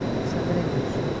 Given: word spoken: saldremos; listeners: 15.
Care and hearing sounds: one Spanish word in noise, from a listening test; speech-shaped noise; -5.8 dB; 1 of 15; 7 of 15; 0.81 s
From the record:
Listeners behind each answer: 7, 2, 1, 1, 1, 1, 1, 1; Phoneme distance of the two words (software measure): 17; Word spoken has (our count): 3 syllables, 9 phonemes, stress on syllable 2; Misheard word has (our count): 3 syllables, 8 phonemes, stress on syllable 2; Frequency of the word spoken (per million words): 1.53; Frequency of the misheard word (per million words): 2.70

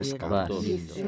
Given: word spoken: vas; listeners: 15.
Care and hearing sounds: one Spanish word in noise, from a listening test; four-talker babble; -0.3 dB; 1 of 15; 11 of 15; 0.68 s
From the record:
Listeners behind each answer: 11, 1, 1, 1, 1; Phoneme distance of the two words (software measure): 48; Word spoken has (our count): 1 syllable, 3 phonemes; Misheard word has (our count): 3 syllables, 7 phonemes, stress on syllable 3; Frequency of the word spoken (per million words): 58.97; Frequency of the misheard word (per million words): 0.95

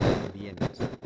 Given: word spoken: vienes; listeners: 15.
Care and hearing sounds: one Spanish word in noise, from a listening test; noise modulated by one talker; -10.1 dB; 5 of 15; 6 of 15; 0.66 s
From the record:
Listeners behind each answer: 6, 5, 1, 1, 1, 1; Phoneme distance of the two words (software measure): 17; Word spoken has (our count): 2 syllables, 6 phonemes, stress on syllable 1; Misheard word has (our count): 2 syllables, 7 phonemes, stress on syllable 1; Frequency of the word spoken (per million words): 5.74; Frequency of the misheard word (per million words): 42.73

